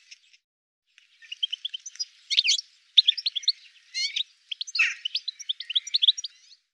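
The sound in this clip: Bird song, rapid varied chirps and short whistled notes in busy phrases separated by brief pauses, after a quiet opening second.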